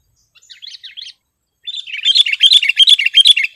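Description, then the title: Sooty-headed bulbul: a soft, quiet warble of a few notes, a short pause, then a loud rapid chatter of repeated bright notes. "kutilang"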